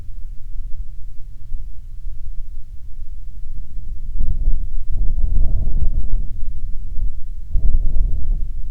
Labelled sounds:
wind
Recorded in the Prudhoe Bay oil fields, Alaska, on 27 June 2019 at 01:08
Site 22

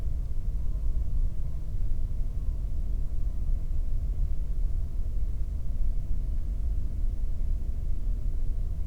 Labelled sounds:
bird, man-made sound
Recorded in the Prudhoe Bay oil fields, Alaska, on 22 May 2019 at 00:34
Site 19

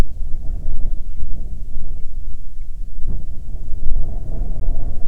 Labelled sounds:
bird, wind
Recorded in the Arctic National Wildlife Refuge, Alaska, on 9 July 2019 at 21:33
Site 48

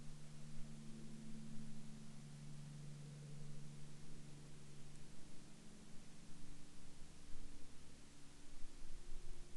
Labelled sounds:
aircraft
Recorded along the Dempster Highway, Canada, on 11 October 2020 at 10:42
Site 14

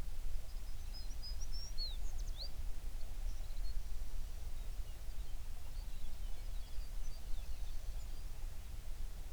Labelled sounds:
songbird
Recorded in the Prudhoe Bay oil fields, Alaska, on 11 June 2019 at 04:32
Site 21

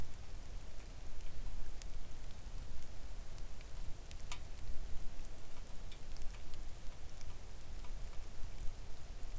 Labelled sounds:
rain
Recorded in the Arctic National Wildlife Refuge, Alaska, on 3 August 2019 at 05:57
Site 41

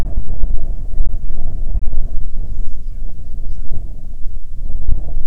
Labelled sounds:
bird, wind
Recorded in the Arctic National Wildlife Refuge, Alaska, on 9 July 2019 at 22:19
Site 48

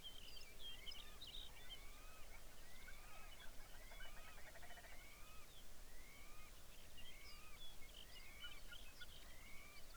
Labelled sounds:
songbird, grouse or ptarmigan
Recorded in the Arctic National Wildlife Refuge, Alaska, on 23 May 2019 at 05:53
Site 49

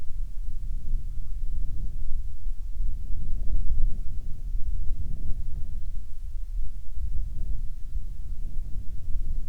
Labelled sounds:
waterfowl, wind
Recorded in the Prudhoe Bay oil fields, Alaska, on 13 June 2019 at 00:00
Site 13

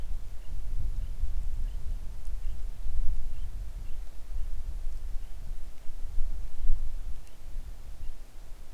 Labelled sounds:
songbird, wind
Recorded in the Arctic National Wildlife Refuge, Alaska, on 3 August 2019 at 10:32
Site 41

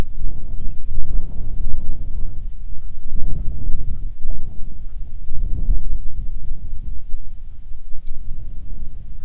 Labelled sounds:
waterfowl, wind
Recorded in the Arctic National Wildlife Refuge, Alaska, on 9 July 2019 at 22:40
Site 48

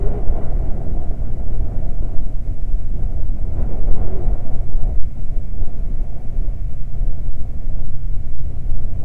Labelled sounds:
wind
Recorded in the Prudhoe Bay oil fields, Alaska, on 12 July 2019 at 00:02
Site 29

